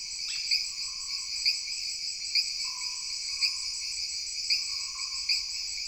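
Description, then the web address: Shrill jungle insect drone, steady and high, ticking in regular pulses, with a low wavering hum beneath and one quick falling note near the start. Jungle background ambience of insects with frogs. "Sony Pictures Sound Effects Series Backgrounds Jungle Insects With Frogs"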